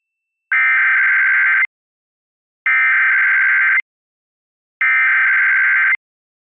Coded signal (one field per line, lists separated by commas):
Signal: Emergency Alert System (SAME) tones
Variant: header bursts